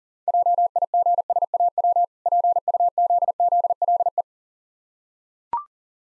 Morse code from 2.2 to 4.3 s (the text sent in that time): PUZZLE